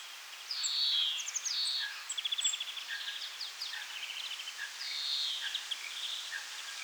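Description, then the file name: European greenfinch song: rapid dry trills alternating with drawn-out wheezy buzzes that slide downward, repeated throughout over a steady hiss. "Chloris chloris"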